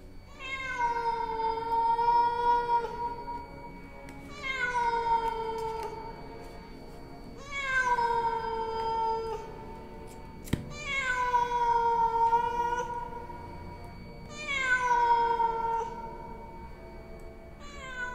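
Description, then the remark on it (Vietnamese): A house cat standing on a windowsill yowls toward the neighbouring house five times in long, drawn-out wails, each about two seconds and bending downward in pitch, with short pauses between. The cries are loud and harmonic, and no one speaks. “Nó đứng ở trên bụng cửa sổ, chõ sang bên kia, kêu lên những tiếng nghe đến sốt ruột.”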